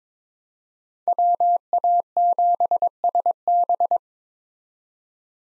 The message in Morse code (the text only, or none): WA7SB